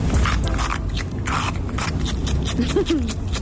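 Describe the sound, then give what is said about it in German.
Moist, crunchy chewing from a skunk eating a bell pepper, with rapid irregular bites and wet smacking over steady low rumble, plus a few faint squeaky tones near the end. “Ein Stinktier, das auf einer Paprika kaut.”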